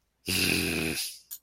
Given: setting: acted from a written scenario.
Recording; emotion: vocal sound without words; anger